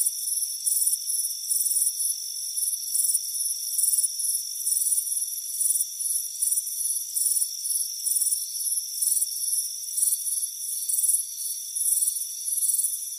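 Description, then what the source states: Crickets chirping steadily in fast, buzzy pulsed bursts over an unbroken high drone. Crickets chirping on a warm afternoon on a front porch.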